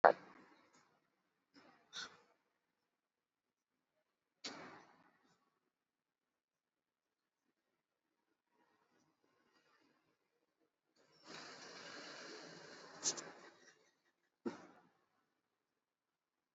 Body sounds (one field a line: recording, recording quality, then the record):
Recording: deep breathing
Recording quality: poor, much background noise or distortion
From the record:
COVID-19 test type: RT-PCR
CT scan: not taken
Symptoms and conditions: cough, cold, fever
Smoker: yes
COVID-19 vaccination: both doses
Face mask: worn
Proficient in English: yes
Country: India